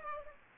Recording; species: mosquito wingbeat signal from an infrared sensor; Aedes aegypti